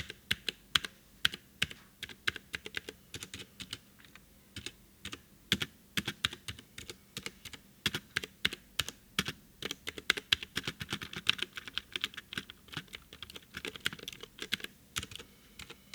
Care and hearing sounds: daily activity, guitar pickup as the sensor; type

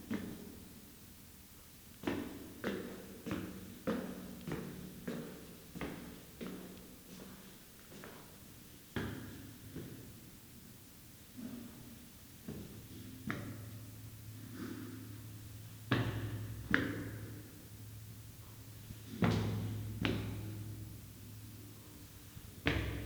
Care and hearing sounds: daily activity, guitar pickup as the sensor; go upstairs

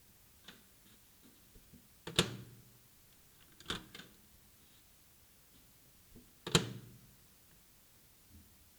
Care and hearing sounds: daily activity, guitar pickup as the sensor; use microwave

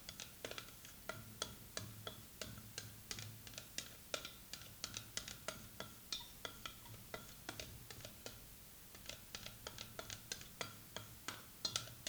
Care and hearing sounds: daily activity, guitar pickup as the sensor; fry

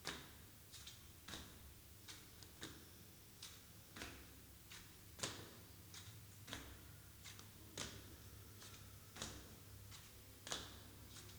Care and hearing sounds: daily activity, guitar pickup as the sensor; go upstairs

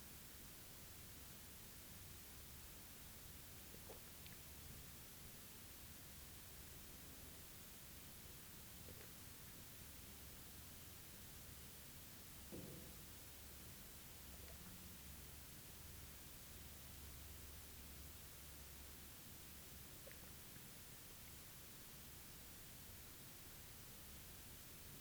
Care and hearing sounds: daily activity, guitar pickup as the sensor; drink water

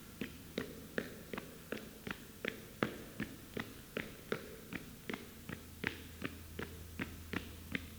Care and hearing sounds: daily activity, guitar pickup as the sensor; run

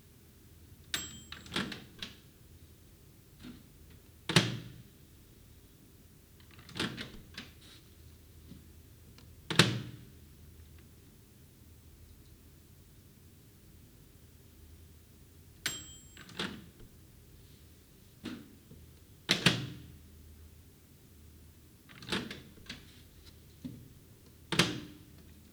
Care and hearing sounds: daily activity, guitar pickup as the sensor; use microwave

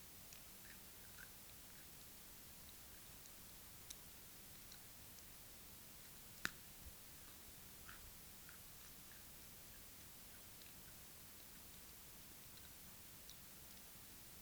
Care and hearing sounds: daily activity, guitar pickup as the sensor; eat

